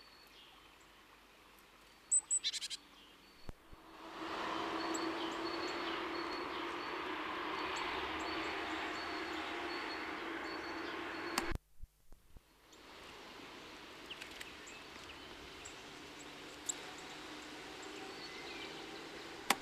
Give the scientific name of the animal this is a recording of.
Parus major